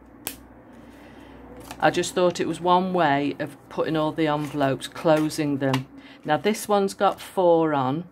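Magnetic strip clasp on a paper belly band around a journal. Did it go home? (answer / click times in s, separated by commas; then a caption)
yes / 0.3 s. A magnetic strip clasp on a paper belly band around a journal snaps shut with a sharp click at 0.3 s, the magnets seating together. Someone talks afterward.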